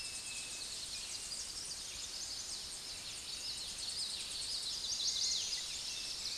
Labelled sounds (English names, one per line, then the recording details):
Chestnut-sided Warbler song
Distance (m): 15 m
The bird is about level with the microphone
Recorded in a Pennsylvania forest on 16 May 2024 at 06:01
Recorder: AudioMoth, point MSD-0398
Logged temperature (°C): 16.4 °C
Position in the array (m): 157 m, 75 m